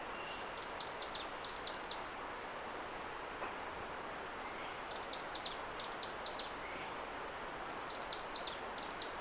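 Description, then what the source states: Red-collared myzomela calls: bursts of very high, thin, rapidly repeated downslurred notes in three clusters, separated by quiet stretches with a soft background hiss. Papua New Guinea.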